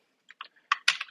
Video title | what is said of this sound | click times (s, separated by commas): Showcase & Setup - Oskeray AK74 Gel Ball Blaster - 200+ FPS - CONTEST LINK IN DESC! | nice that it clips in place here | 0.7 s, 0.9 s